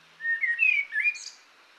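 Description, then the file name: Eurasian blackbird singing a short phrase of rich, slurred whistled notes that ends in a thin, high squeaky flourish. "Turdus merula"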